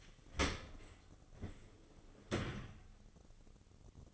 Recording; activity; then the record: daily activity, microphone in the room; open dishwasher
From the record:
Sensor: 4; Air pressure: 996.6 hPa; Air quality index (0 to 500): 87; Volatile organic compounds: 4 ppm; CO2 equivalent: 1691 ppm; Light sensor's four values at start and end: 19/51/20/22 and 20/56/22/24